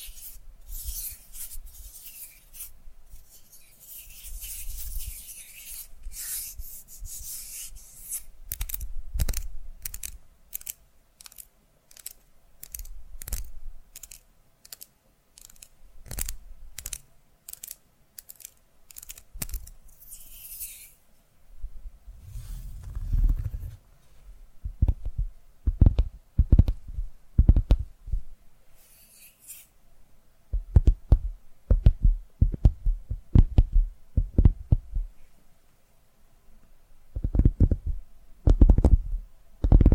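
ASMR tapping, starting with quick, evenly spaced crisp taps that carry a bright hiss for the first twenty seconds. Later the taps turn into deeper, thumping knocks in irregular bursts, getting louder and denser toward the end, with short quiet gaps between.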